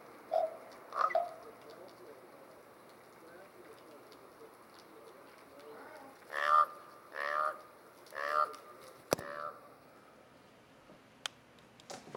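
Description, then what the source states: Raven calls: two croaks early on, then a run of several hoarse, harmonic croaks, followed by a few sharp clicks. Two ravens calling to each other, recorded 10 March 2012.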